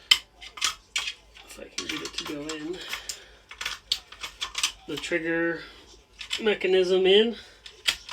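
A metal trigger mechanism is handled and pushed down toward a firearm receiver, producing sharp metallic clinks and taps while someone talks. Nothing has seated or clicked into place yet.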